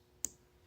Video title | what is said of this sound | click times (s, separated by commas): Vostok Branded Mesh Strap Review - Vintage to the Core! | just clicks into place just like | 0.2 s